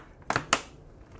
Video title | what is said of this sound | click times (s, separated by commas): HP Envy X360 Ram Upgrade, SSD, Battery Replacement, Bottom Case Removal FULL GUIDE 15-ds1063cl | those are the tabs and everything kind of mating back together | 0.3 s, 0.5 s